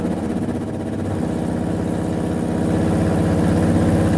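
A Renault qualifying racing engine runs steadily while being tuned, oil temperature around 100 degrees and still very cold, its dense mid-pitched mechanical drone holding constant with a faint rise in loudness toward the end, no voices present.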